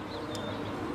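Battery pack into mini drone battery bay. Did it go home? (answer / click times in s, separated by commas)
no / none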